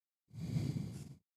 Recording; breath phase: one breath near a microphone; exhalation